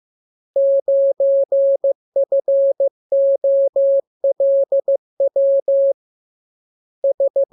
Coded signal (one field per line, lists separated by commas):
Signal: Morse code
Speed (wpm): 15 wpm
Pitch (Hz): 550 Hz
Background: none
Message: 9FOLW S